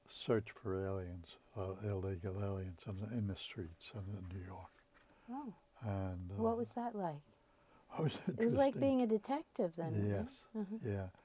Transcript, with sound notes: search for aliens, illegal aliens on — in the streets in New York.
Oh.
And —
What was that like? [chuckles] It's like being a detective then?
Yes.
Uh-huh.
Yeah.